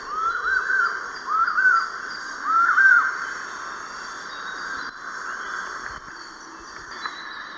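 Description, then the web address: Collared puffbird song, three slurred whistled phrases that rise and fall, over a continuous background of high-pitched insect drone. Eastern lowlands of South America. "Natures Songs S America Eastern Lowlands Bucco capensis, song"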